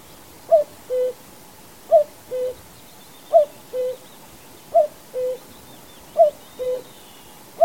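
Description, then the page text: Common Cuckoo calling cu-coo, a brief higher note dropping to a sustained lower note, the pair repeated steadily roughly every 1.4 seconds. "Common Cuckoo #sound #singing #call. knut the bird nerd"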